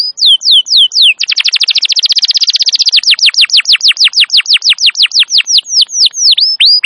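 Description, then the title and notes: Canary song: a few slurred whistles, then a very fast buzzy trill that breaks into a long run of descending whistled notes slowing toward the end. Wild canary song used as a master recording to lure or train canaries; described as loud, long, continuous singing. "Pikat Kenari GACOR PANJANG INI Cocok Untuk Masteran KENARI LIAR. Masteran burung kenari gacor parah"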